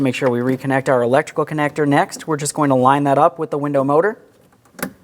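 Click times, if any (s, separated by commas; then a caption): 4.8 s. Someone talks, then lines up a plastic electrical connector with the rear power window motor of a 2003-2007 Cadillac CTS and presses it in. After a couple of faint ticks, a sharp click sounds at 4.8 s as the connector seats in the motor.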